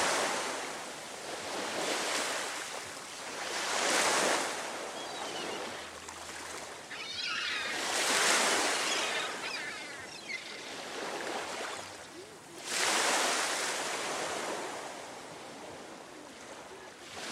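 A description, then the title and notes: Ocean waves wash in steady, hissing surges, swelling roughly every four seconds near 4, 8 and 13 seconds before each one recedes. The steady sound of ocean waves. The therapeutic sound of ocean waves.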